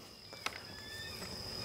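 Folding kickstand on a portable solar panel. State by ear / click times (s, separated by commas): not seated / none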